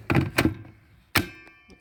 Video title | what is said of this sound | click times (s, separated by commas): Unboxing, Testing & Reviewing the Powerful Ryobi One Plus Tool Set#unboxing #ryobi | battery yeah put the battery snaps | 1.2 s